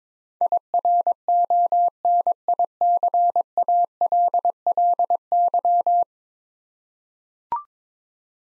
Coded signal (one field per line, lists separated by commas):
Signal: Morse code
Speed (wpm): 22 wpm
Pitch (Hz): 700 Hz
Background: none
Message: IRONICALLY